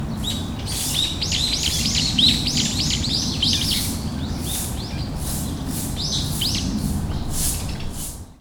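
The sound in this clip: Bird calls: rapid, high chirps repeated several times a second over steady low rumbling background noise.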